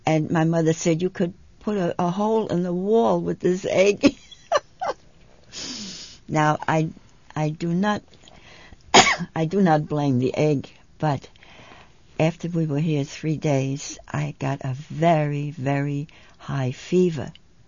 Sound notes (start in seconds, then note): 4.0 she laughs; 8.9 she coughs